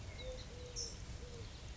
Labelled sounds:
Eurasian Collared Dove
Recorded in Sonoma County, California

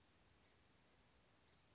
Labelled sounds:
Western Flycatcher
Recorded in Sonoma County, California

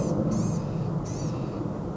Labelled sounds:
Blue-gray Gnatcatcher
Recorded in Sonoma County, California

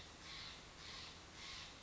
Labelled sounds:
Steller's Jay
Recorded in Sonoma County, California

